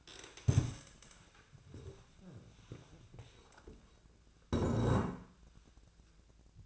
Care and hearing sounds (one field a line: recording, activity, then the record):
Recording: daily activity, microphone in the room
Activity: stand up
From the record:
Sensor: 2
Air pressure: 1000.3 hPa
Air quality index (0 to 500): 160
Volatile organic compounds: 3 ppm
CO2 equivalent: 1336 ppm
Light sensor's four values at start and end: 9/20/9/9 and 9/19/9/10